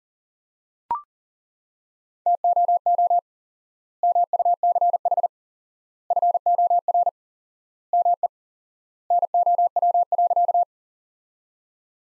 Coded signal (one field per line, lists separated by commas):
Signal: Morse code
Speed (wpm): 37 wpm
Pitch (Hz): 700 Hz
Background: none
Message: TOO MUCH FOR ME NOW.